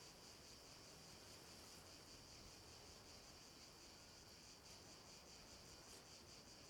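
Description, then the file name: Cicadas give a steady high-pitched droning chorus with slight pulses, against steady background hiss. Cicadas at night. "Ambience Cicadas Night 4"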